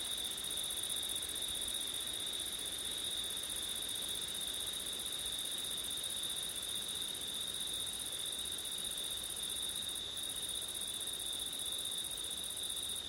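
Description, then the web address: Cricket: long steady chorus of crickets, rapid high chirping merged into a continuous shimmer with one very brief break, with only faint hiss behind it. Crickets heard on a windy September night; ORTF recording. "audio crickets wind september night ortif"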